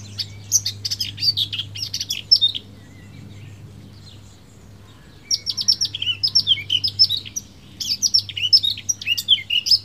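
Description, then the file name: Eurasian blackcap song: two bursts of rapid, scratchy and whistled warbling, the first about two and a half seconds long, the second after a pause, over a steady low hum. "Sylvia atricapilla"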